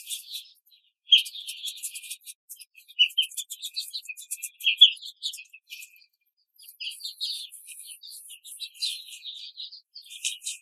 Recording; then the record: young laying hens in a cage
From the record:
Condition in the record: control cage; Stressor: none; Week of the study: 5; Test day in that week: 1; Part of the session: 2